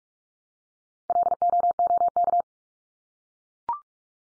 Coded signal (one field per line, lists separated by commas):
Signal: Morse code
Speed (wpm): 44 wpm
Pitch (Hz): 700 Hz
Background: none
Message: LOOK